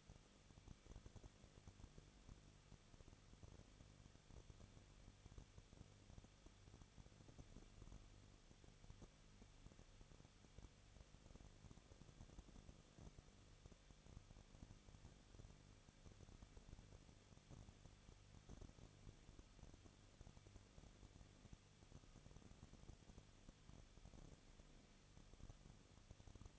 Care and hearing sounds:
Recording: daily activity, microphone in the room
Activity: no activity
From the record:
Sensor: 4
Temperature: 23.1 degrees Celsius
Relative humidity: 34.3%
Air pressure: 1007.2 hPa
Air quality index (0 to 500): 214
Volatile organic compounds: 14 ppm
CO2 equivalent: 2475 ppm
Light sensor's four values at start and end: 2/3/1/1 and 2/3/1/1

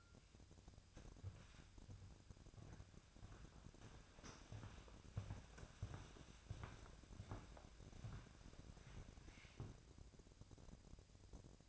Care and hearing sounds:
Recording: daily activity, microphone in the room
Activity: walk to room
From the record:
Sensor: 2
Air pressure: 999.8 hPa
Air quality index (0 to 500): 122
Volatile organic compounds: 2 ppm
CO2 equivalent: 1054 ppm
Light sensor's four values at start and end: 34/82/37/41 and 34/80/36/40

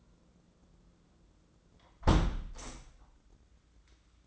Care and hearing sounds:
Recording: daily activity, microphone in the room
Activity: close window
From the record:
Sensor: 3

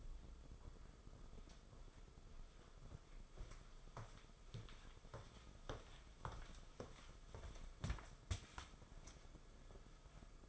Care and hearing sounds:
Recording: daily activity, microphone in the room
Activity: walk to room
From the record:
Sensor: 5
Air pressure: 994.5 hPa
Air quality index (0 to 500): 175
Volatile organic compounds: 762 ppm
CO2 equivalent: 5098 ppm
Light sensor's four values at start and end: 29/95/36/38 and 15/42/17/17

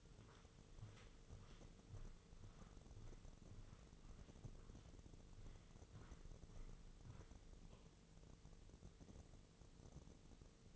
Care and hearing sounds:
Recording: daily activity, microphone in the room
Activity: walk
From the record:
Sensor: 4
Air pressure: 996.7 hPa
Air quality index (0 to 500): 244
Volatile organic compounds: 382 ppm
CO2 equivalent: 4641 ppm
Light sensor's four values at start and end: 50/123/51/51 and 50/123/51/51

